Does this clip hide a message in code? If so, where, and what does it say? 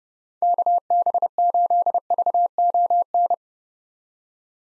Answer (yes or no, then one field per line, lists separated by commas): yes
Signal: Morse code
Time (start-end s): 0.4-3.3 s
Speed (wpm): 30 wpm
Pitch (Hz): 700 Hz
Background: none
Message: KB8VON